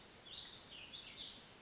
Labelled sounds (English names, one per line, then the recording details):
Warbling Vireo
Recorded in Sonoma County, California